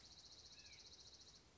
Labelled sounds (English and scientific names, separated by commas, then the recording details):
Dark-eyed Junco (Junco hyemalis)
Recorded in Sonoma County, California